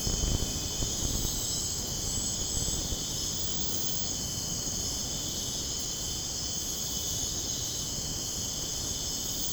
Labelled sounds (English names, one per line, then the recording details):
none
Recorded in dense forest near Puerto Asís, Putumayo, Colombia, on 29 June 2025 at 03:30
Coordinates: 0.486, -76.317
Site G065